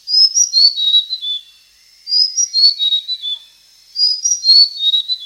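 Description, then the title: Blue-crowned hanging parrot calling in three quick series of shrill, high chirps, each series sliding lower in pitch, separated by short silent gaps. "SERINDIT"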